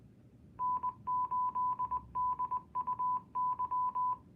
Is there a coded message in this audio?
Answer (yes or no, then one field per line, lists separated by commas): yes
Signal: Morse code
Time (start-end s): 0.6-4.1 s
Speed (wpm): 20 wpm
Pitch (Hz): 1000 Hz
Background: none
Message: N8DUY